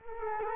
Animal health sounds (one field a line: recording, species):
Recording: mosquito wingbeat signal from an infrared sensor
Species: Culex quinquefasciatus